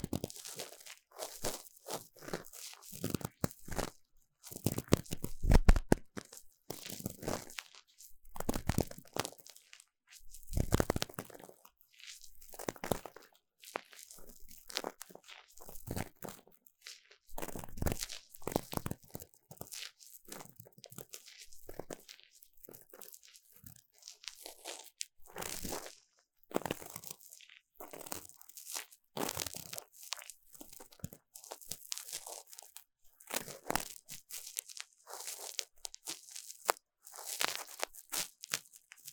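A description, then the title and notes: Ear cleaning, with dense, irregular bursts of crinkly scraping and rustling, bright and crackly, coming in quick clusters with brief quiet gaps throughout. ASMR 3Dio 耳掃除 귀 청소 | Ear Cleaning | No Talking.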